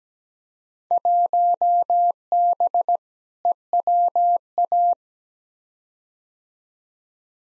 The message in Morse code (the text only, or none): 1B EWA